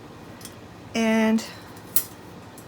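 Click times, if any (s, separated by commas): none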